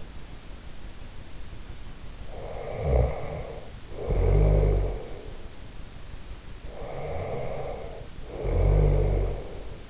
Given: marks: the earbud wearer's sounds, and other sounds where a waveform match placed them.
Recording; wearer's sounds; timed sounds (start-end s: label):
sounds in sleep by an in-ear microphone; snoring breath
2.39-5.39 s: snoring breath
6.76-9.90 s: snoring breath